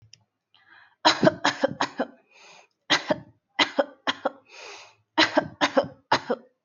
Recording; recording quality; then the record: heavy voluntary cough; excellent, no background noise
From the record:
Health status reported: healthy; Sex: female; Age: 30 years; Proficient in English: yes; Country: India